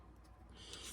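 A plastic flamethrower or laser accessory piece is pushed into a socket on the plastic gear of a Hasbro G.I. Joe Classified Crimson B.A.T. (Battle Android Trooper) #60 action figure, with faint rubbing over a low hum. It pops into place with a sharp click at 0.7 s, and the piece is seated, fitting nicely without falling out.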